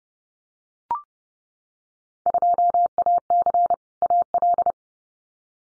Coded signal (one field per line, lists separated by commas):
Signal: Morse code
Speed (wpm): 29 wpm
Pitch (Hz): 700 Hz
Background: none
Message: 2AC AL